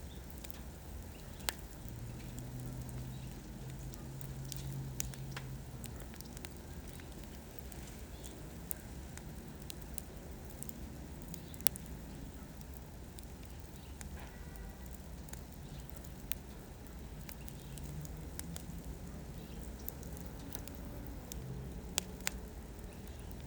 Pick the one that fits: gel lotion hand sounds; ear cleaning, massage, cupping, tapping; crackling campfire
crackling campfire